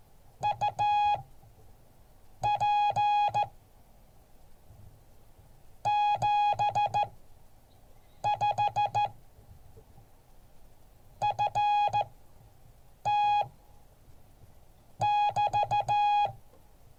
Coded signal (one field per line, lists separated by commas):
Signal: Morse code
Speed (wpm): 14 wpm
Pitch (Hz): 830 Hz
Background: none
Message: UP 75 FT<BT>